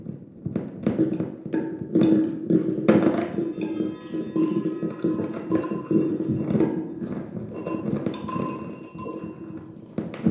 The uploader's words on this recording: Tabletop improv with contact mic. Improvisation using a table top full of junk and a contact mic in my music room in Patea.